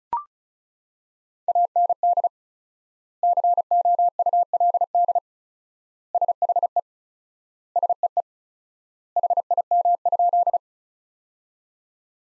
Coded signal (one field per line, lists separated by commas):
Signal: Morse code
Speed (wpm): 36 wpm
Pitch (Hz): 700 Hz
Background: none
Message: AND COULD SHE SEE HIM?